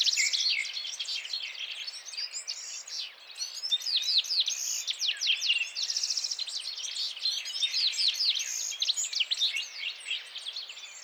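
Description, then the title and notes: Citril finch song: a dense, overlapping chorus of fast, tinkling twitters and buzzy trills from several birds, running continuously without pause. Several birds gathered at the end of winter in the mountains, males singing enthusiastically before females; 17 March 2017, Vallon de Combeau, Drôme, France; recorded with Nagra Seven and Telinga P7. "Printemps de Venturon. 17 mars 2017-Vallon de Combeau - Drôme. le chant du Venturon montagnard ( Serinus citrinella)"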